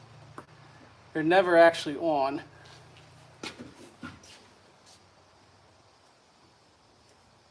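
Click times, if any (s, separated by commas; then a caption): none. A spark plug wire boot is handled at the coil pack terminal while someone talks. A few faint handling knocks follow, but nothing has seated or clicked yet.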